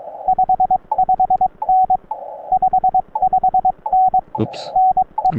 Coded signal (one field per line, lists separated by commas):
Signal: Morse code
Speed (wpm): 22 wpm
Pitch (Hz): 750 Hz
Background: radio noise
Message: 55N 55N NE